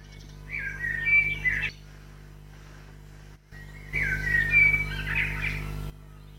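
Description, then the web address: Bird calling in two bursts of squeaky, chattering chirps separated by a pause, over a steady low hum. "birdie"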